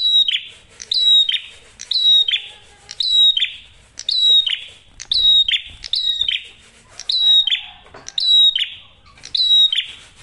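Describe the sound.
Prinia singing a high, clear whistled phrase that drops into a buzzy trailing note, repeated steadily about once per second throughout.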